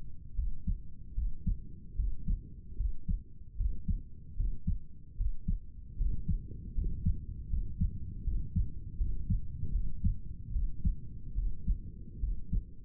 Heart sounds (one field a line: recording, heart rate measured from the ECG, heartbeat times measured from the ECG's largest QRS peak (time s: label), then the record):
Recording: heart sounds by stethoscope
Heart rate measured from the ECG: 76 bpm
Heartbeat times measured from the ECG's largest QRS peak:
0.35 s: heartbeat
1.14 s: heartbeat
1.96 s: heartbeat
2.76 s: heartbeat
3.56 s: heartbeat
4.36 s: heartbeat
5.16 s: heartbeat
5.97 s: heartbeat
6.74 s: heartbeat
7.49 s: heartbeat
8.23 s: heartbeat
8.97 s: heartbeat
9.71 s: heartbeat
10.52 s: heartbeat
11.35 s: heartbeat
12.20 s: heartbeat
From the record:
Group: healthy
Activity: cold pressor test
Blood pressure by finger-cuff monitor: 122/78 mmHg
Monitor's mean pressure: 89 mmHg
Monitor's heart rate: 78 bpm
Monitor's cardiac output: 6.2 L/min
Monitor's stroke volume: 80 mL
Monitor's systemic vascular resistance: 1020 dyn s/cm5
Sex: male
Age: 35 years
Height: 180 cm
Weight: 86.9 kg